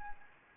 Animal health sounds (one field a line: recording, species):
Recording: mosquito wingbeat signal from an infrared sensor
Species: Anopheles gambiae